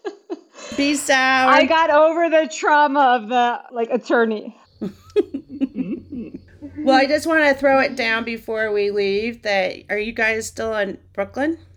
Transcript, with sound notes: Be sour.
I got over the trauma of the, like attorney. (laughs)
Well, I just want to throw it down before we leave that, are you guys still in Brooklyn?